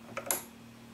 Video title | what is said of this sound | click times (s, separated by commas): Task 5: Lohrman combined, music & transition | right there there was a little click so now we know that the thread guide is in and the threads the guide | 0.3 s